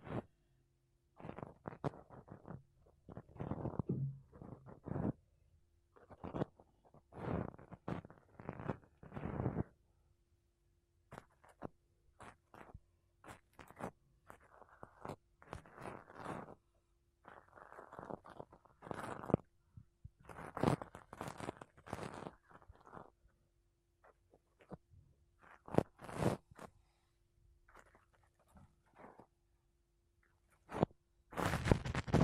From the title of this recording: Mic Brushing Using Makeup Brushes and Sponge